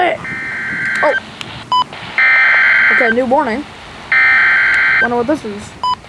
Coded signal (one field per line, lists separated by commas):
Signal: Emergency Alert System (SAME) tones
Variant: header bursts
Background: speech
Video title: 7/26/2023 Storm + 2 EAS Alerts (EAS #1111 - 1112)